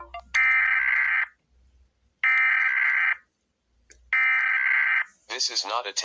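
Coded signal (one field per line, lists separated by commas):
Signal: Emergency Alert System (SAME) tones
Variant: header bursts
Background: speech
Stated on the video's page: Animated, fictional EAS alarm.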